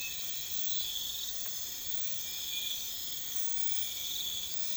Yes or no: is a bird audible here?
no